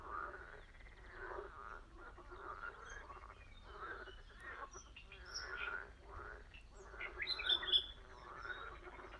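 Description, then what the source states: Frogs croaking in a chorus of rough, pulsing bursts. Spring sounds at a very old pond.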